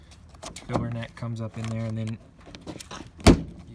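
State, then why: Seated. Someone talks while a new plastic fuel filler door housing is lined up around the filler neck and pushed into the body panel opening of an F-150 truck. A sharp, loud click at 3.3 s marks the housing clipping into place and seating.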